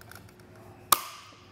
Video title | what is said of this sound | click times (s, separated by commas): etrailer - Mount: Thule SquareBar Evo Roof Rack for Flush Rails on a 2022 Chevrolet Tahoe | and once we hear that click we know it's properly torqued down | 0.9 s